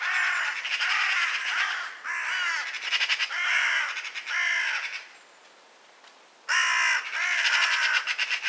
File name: Pica pica